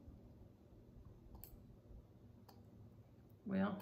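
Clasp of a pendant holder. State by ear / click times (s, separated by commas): not seated / none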